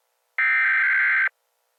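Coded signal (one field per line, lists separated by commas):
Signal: Emergency Alert System (SAME) tones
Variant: header bursts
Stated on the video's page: Fictional EAS scenario set in a future of risen oceans.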